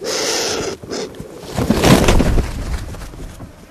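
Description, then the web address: Black vulture: harsh, breathy bursts of noise, a few short ones at the start and a louder, rougher one in the middle. "american black vulture"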